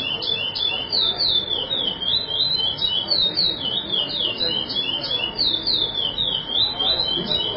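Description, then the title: Chestnut-bellied seed finch song: quick, fluid whistled warbling, notes sliding up and down in a continuous chain. "Canto De Curio"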